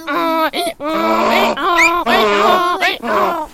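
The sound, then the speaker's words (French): A man imitates a donkey's bray with his voice, a series of loud, harsh, strained hee-haw cries rising and falling in pitch, broken by short gasping breaths. “Moi, je sais faire l'âne, par contre.”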